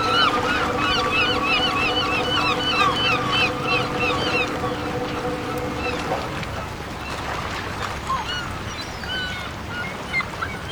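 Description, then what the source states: Gull calls, a rapid series of harsh, arched yelping notes for about six seconds, when a steady engine hum also stops, then a few scattered calls. Seagulls at a dock with fishing boats.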